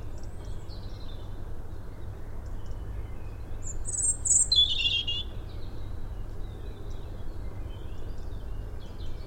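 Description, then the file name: European robin song: one short, high phrase of fluty notes dropping into a trill midway, with steady low-pitched background noise throughout. "Erithacus rubecula"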